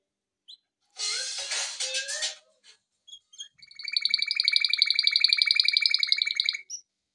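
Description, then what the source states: Canary song with a rough noisy burst at first, then a steady rapid trill of pulsed notes lasting about three seconds. Canary song intended for training.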